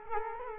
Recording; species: mosquito wingbeat signal from an infrared sensor; Culex quinquefasciatus